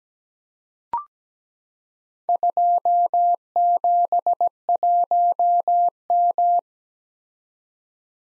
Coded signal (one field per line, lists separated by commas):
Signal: Morse code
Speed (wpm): 17 wpm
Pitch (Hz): 700 Hz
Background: none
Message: 271M